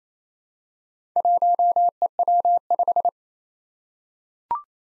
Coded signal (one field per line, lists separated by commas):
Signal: Morse code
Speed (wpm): 27 wpm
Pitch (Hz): 700 Hz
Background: none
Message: 1EW5